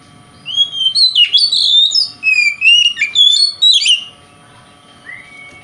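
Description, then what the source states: Oriental magpie-robin song of rapid whistles and chattering notes for about four seconds, then a single soft rising whistle. Kacer singing in the konslet style, said to provoke other kacer.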